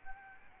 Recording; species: mosquito wingbeat signal from an infrared sensor; Aedes albopictus